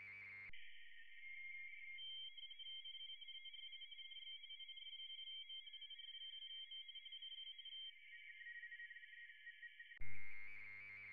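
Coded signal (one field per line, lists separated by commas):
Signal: RTTY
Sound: fast warbling two-tone chatter of several overlapping teletype signals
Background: radio static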